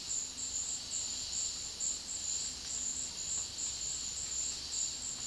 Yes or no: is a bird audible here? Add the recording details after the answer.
no. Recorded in dense forest near Puerto Asís, Putumayo, Colombia, on 20 February 2024 at 13:30. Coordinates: 0.496, -76.326. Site G6383